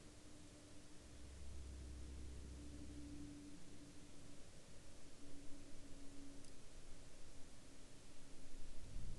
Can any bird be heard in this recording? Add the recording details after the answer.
no. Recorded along the Dalton Highway, Alaska, on 7 April 2019 at 00:50. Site 06